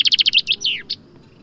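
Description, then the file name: Common chaffinch song, short and clipped: several quick high notes tumbling into a slurred descending flourish, all over in about a second. "Fringilla coelebs"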